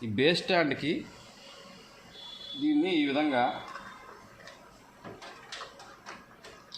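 Someone talks while a monitor stand from a Dell OptiPlex 3000 setup is set upright, its neck lined up on the base plate before being pressed in to lock. Light handling knocks come at about 5.5 s and 6.7 s. Nothing has seated or clicked yet.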